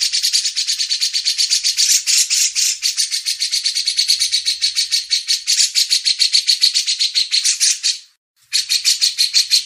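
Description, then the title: Grey-cheeked bulbul chattering song, a long, nearly continuous run of fast raspy repeated notes that stops briefly near the end and then resumes. Masteran training audio. "MASTERAN CUCAK JENGGOT"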